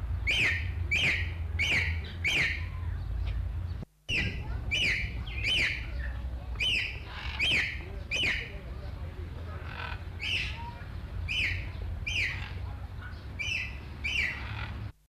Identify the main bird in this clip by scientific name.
Coracopsis vasa